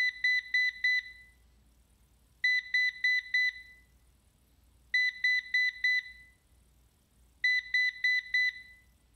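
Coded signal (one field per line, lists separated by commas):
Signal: beep code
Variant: Ecovacs DEEBOT robot vacuum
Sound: four bursts of four quick high electronic beeps, each burst about 2.5 seconds apart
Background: quiet room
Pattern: 4-4-4-4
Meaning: The robot vacuum is signalling an error after docking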